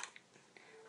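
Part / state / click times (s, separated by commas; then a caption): attached stylus into its holder slot on a children's learning tablet / seated / 0.0 s. A tethered plastic stylus attached to a LeapFrog LeapPad Ultra children's learning tablet is pushed back into its holder slot. A short, sharp click at 0.0 s shows it popping right in and seating, followed by fainter ticks and a quiet tail.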